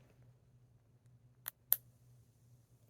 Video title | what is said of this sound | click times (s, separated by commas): Trying out a new bag system! From my usual Hollister Ceraplus to Coloplast Sensura Mio- let's go!!!! | oh yeah you definitely hear it lock okay I ain't telling no lies | 1.7 s